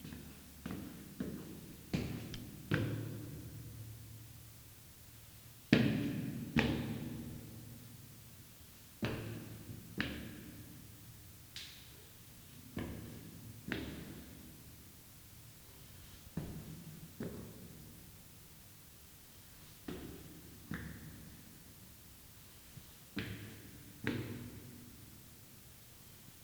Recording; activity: daily activity, guitar pickup as the sensor; go upstairs